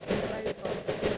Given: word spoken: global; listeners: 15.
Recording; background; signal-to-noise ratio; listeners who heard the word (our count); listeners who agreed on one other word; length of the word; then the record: one English word in noise, from a listening test; noise modulated by three-talker babble; -7.7 dB; 1 of 15; 8 of 15; 0.78 s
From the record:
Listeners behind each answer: 8, 2, 1, 1, 1, 1, 1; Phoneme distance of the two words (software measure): 27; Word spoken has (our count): 2 syllables, 6 phonemes, stress on syllable 1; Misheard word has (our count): 2 syllables, 5 phonemes, stress on syllable 1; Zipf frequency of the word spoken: 4.59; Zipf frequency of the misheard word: 4.57